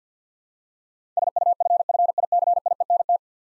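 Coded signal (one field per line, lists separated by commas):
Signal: Morse code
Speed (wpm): 49 wpm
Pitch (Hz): 700 Hz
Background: none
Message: SUFFICIENT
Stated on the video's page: Morse practice drill of 10-letter words at 50 wpm; each word sent twice for head-copy.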